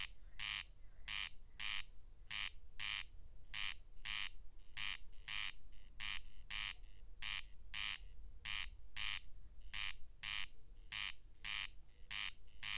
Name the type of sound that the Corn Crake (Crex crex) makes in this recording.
song